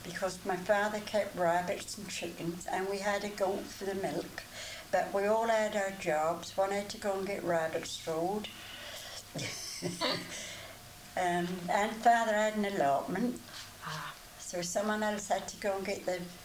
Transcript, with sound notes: Because my father kept rabbits and chickens and we had a goat for the milk. But we all had our jobs. One had to go and get rabbit's food-- [laughs] Erm, and father had an allotment.
Ah.
So someone else had to go and get the